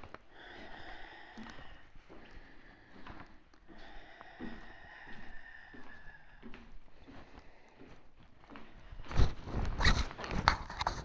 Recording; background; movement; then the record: deep breathing; quiet; walking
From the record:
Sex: female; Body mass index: 25.5 kg/m2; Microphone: on the chest, facing outward